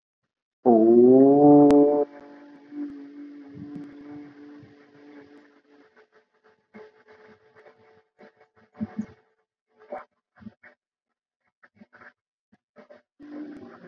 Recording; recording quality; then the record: sustained vowel as in boot; moderate, slight background noise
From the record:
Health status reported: healthy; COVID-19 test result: not tested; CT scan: not taken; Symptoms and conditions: none ticked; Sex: female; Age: 30 years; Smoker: no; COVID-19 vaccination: both doses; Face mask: not worn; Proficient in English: yes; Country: India